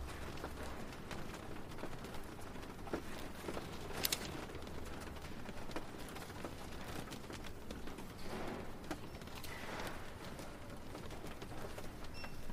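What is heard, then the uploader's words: A library on a rainy day: a steady, dense patter of rain runs throughout, with a low hum underneath. A sharp bright tap or clink stands out just after four seconds, and softer scattered knocks and shuffles turn up around eight and ten seconds. Rainy Day at the Library. A cozy library on a rainy day.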